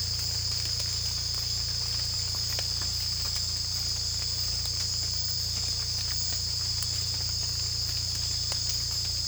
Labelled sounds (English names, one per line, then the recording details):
none
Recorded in secondary vegetation near Puerto Asís, Putumayo, Colombia, on 18 December 2024 at 02:00
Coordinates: 0.484, -76.319
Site GP06